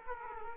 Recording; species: mosquito wingbeat signal from an infrared sensor; Aedes aegypti